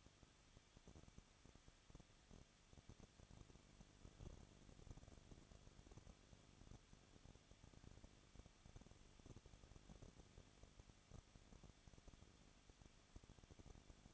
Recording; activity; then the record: daily activity, microphone in the room; no activity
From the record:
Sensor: 4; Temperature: 23.0 degrees Celsius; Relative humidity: 34.6%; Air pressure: 1007.3 hPa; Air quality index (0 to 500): 216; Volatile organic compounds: 15 ppm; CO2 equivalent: 2502 ppm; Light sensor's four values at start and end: 2/3/1/1 and 2/3/1/1